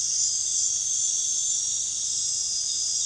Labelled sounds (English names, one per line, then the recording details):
none
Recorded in dense forest near Puerto Asís, Putumayo, Colombia, on 19 February 2024 at 23:00
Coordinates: 0.505, -76.324
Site G6467